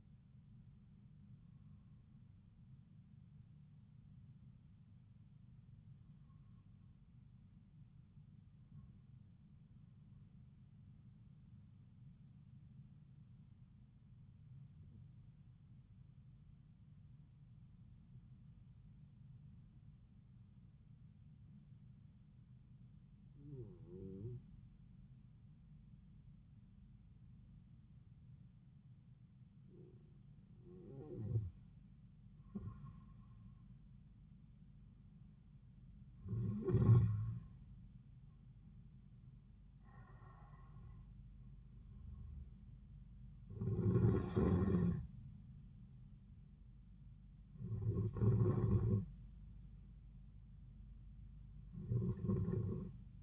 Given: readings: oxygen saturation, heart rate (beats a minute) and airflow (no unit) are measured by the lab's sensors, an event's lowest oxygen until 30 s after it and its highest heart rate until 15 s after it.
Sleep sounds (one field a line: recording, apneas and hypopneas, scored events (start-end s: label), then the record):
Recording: breathing in sleep by a smartphone at the bedside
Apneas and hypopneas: 1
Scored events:
16.00-33.20 s: hypopnea (N1, oxygen 96% highest, then 90% lowest)
43.00-53.23 s: new sleep stage, N2 (light sleep)
From the record:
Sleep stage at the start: N1 (lightest sleep)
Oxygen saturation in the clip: 89 to 96%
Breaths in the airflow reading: 14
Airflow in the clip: -5.1 to 7.6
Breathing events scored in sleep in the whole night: 270 in 6.1 hours asleep